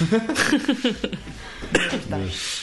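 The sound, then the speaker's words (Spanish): A short, sharp cough bursts out amid breathy, chuckling vocal sounds, followed by a few more voiced, laugh-like breaths that trail off. “La tos es un error.”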